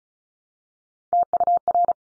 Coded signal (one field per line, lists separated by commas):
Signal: Morse code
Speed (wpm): 36 wpm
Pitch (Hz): 700 Hz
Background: none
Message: TUR